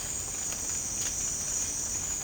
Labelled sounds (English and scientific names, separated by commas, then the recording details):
none
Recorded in secondary vegetation near Puerto Asís, Putumayo, Colombia, on 21 March 2025 at 14:30
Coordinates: 0.485, -76.322
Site G040